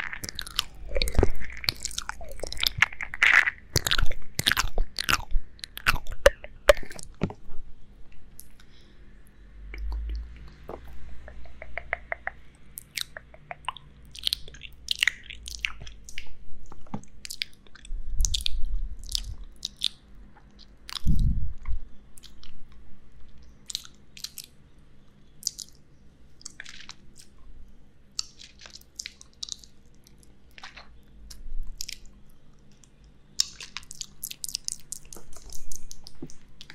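Close-up ear eating and mouth sounds: a dense, busy run of wet clicks and smacks for the first seven seconds, then sparser, irregular smacks and soft squishes. A low steady hum runs underneath, with a few dull thumps around 10, 18 and 21 seconds.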